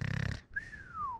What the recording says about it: When I vibrate my nasal area, it's like a higher pitch, more like a pig sound. So you have superficial snorers. My nose is vibrating.